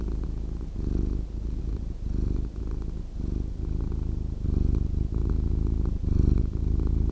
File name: Cat Purring Sound